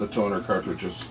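The toner cartridges are being handled for reseating in an 18-year-old Samsung CLP510 colour laser printer after it reported the magenta toner missing because it may not have been seated properly. Someone talks over faint background music in this short clip. Nothing has seated or clicked yet.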